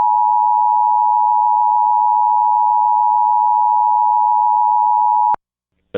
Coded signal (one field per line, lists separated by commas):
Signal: Emergency Alert System (SAME) tones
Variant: 853 and 960 Hz attention tone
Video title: EAS #660-661: 2 EAS Required Monthly Tests- July 7, 2022- 10:15AM PDT